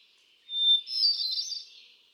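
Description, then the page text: Hermit thrush song: a clear, pure whistled opening note, then a quick run of higher, fluty, tumbling notes that fade away. The background is otherwise quiet. Male singing at Quabbin Park, Ware, Massachusetts on 13 June 2006, cycling through his repertoire of about ten different songs. "Birdsong for the Curious Naturalist. Hermit thrush. A truly gifted and inspiring songster, example 1. Can you hear how he cycles through his repertoire of about ten different songs? June 13, 2006. Quabbin Park, Ware, Massachusetts"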